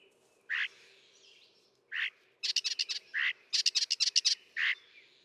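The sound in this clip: Northern mockingbird song: slurred whistled notes alternating with rapid buzzy bursts, varying from phrase to phrase.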